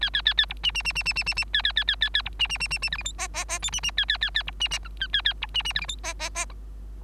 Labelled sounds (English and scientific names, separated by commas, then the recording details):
Bengalese Finch (Lonchura striata domestica) song
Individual Bird3